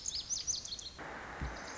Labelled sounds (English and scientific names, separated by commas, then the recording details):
Lazuli Bunting (Passerina amoena)
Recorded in Sonoma County, California